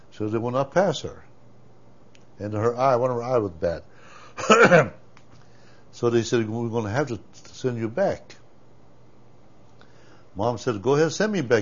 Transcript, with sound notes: So they would not pass her. And her eye, one of her eyes was bad. (he coughs) So they said, "We're going to have to send you back." Mom said, "Go ahead send me back.